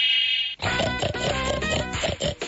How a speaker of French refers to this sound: Ah, bah c'est-il pas un cochon, ça, hein? C'est le cochonneau à son papa, là.